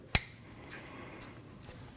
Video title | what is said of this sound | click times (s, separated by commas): How to Replace Alternator 2012-2021 Nissan NV2500 5.6L V8 | Now you can install your plug into your alternator. Listen for the click. | 0.1 s